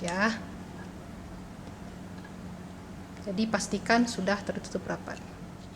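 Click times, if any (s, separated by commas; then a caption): none. Someone talks over a steady low hum while the door lever latch of a laboratory drying oven is handled, with the lever to be pressed down to close the door tightly. The latch has not clicked or seated yet by the end of the clip.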